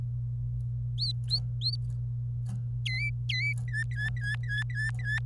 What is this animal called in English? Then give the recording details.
Domestic Canary. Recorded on 26 April 2018 at 12:33. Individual llb3